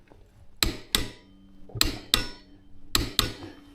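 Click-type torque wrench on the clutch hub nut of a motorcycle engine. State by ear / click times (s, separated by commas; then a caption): torque reached / 0.6 s, 2.1 s, 2.9 s. A click-type torque wrench set to 50.5 ft-lbs, braced against the body, tightens the clutch hub nut on a DRZ400SM motorcycle engine and is clicked three times to be sure. Sharp metallic snaps come in close pairs over a low background, with the wrench clicks at 0.6, 2.1 and 3.0 seconds. The nut is confirmed at the set torque.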